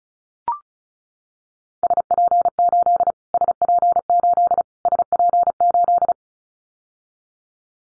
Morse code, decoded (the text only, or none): SP8 SP8 SP8